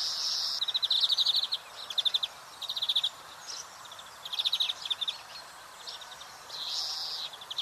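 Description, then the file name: European greenfinch: several bursts of rapid pulsed trilling separated by brief pauses, with faint hiss behind. "Chloris chloris"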